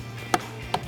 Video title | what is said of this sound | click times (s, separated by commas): 2014-2018 Silverado & Sierra 1500 J&L 3.0 Black Oil Separator; Driver Side Review & Install | And once you push the clip, you'll hear a pop, and then you can slide these out of the way. | 0.3 s